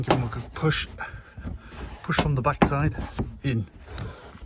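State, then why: Seated. Loose tailgate switch parts on an Abarth 500/Fiat 500 boot are pushed back up into the tailgate housing from the back side while someone talks. A short click is heard at about 4.0 s as the parts clip in, seated nice and tight.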